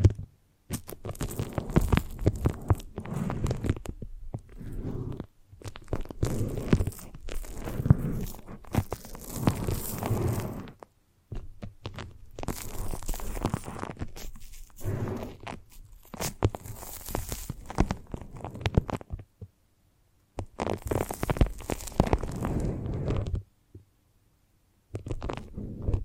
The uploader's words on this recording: ASMR The Foamiest and Stickiest Brain Massage (No Talking).